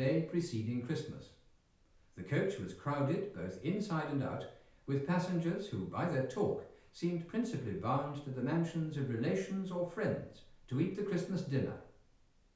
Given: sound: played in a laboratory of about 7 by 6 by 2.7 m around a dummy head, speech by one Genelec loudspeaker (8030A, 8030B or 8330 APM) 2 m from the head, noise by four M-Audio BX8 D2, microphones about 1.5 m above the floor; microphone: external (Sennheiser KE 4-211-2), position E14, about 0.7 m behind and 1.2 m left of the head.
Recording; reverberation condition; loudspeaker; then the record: male speech in English; medium; 90 degrees to the right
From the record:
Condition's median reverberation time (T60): about 510 ms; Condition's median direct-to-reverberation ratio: about -0.5 dB